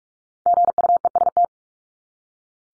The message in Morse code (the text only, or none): GUEST